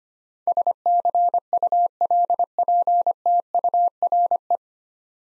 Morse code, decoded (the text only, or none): SCULPTURE